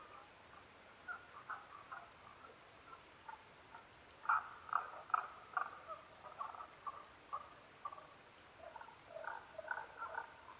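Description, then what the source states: Tago's brown frog calling, soft repeated clucks swelling into a loud run of short notes, followed by further bursts. Recorded 15 May 2011 at 02:19.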